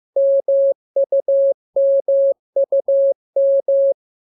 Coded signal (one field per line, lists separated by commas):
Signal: Morse code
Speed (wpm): 15 wpm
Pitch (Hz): 550 Hz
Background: none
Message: MUMUM